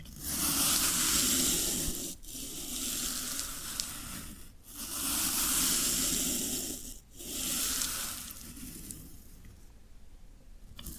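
Floral foam makes a rough, hissing crunch in long, dense swells of about two seconds each, broken by brief silent gaps. The sound is bright and grainy with a soft low rumble underneath. After about eight seconds it fades to a quieter, thinner rustle.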